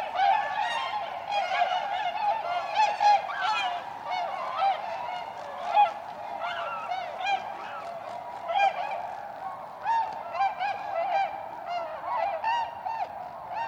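Tundra swans in a calling flock, a steady chorus of high, honking, whooping notes, some louder calls standing out here and there.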